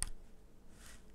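A locking cable plug is handled at the port of a NACON Revolution 5 Pro controller. A brief sharp tick opens the clip, followed by quiet handling noise and a soft hiss near the end. Nothing has seated or clicked yet; the plug is not yet locked into the controller.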